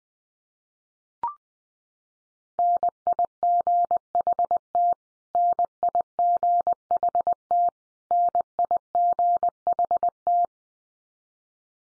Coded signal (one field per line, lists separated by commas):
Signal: Morse code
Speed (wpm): 20 wpm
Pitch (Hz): 700 Hz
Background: none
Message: NIGHT NIGHT NIGHT